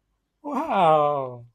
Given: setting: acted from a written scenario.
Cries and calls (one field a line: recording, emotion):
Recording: vocal sound without words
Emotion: positive surprise